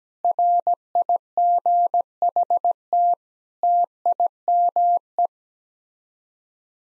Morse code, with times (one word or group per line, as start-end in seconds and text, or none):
0.2-3.1 RIGHT
3.6-5.3 TIME